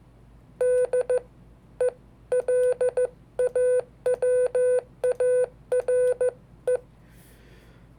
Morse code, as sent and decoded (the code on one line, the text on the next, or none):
-.. . .-.. .- .-- .- .-. .
DELAWARE